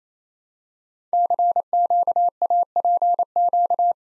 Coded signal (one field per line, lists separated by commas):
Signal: Morse code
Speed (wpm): 29 wpm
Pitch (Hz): 700 Hz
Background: none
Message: CQAPQ